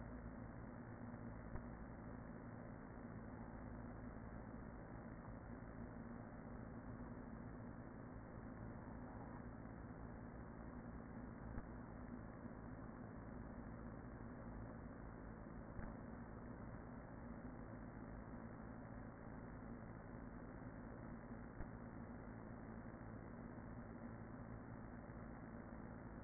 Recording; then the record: honeybee colony, microphone inside the hive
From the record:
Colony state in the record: queen present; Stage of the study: after two queens were removed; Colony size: about 40,000 bees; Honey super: no